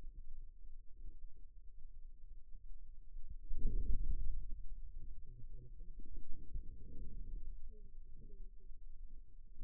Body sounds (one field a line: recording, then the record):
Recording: forearm muscle sounds (acoustic myography)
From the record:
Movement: hand closing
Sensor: system 2, bracelet of six BSWA MPA416 microphones around the upper forearm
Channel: 5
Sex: male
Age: 22 years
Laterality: right